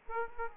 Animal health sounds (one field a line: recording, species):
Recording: mosquito wingbeat signal from an infrared sensor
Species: Aedes aegypti